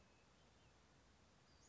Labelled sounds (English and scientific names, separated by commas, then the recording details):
Western Flycatcher (Empidonax difficilis)
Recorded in Sonoma County, California